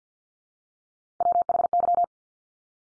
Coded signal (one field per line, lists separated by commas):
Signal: Morse code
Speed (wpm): 50 wpm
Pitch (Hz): 700 Hz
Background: none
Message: WHY